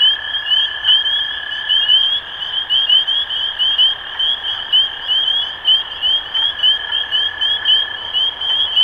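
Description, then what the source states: Continuous chorus of spring peepers, piercing upslurred peeps pulsing in overlapping waves over a sustained lower buzzing trill. Recorded 23 March 2012.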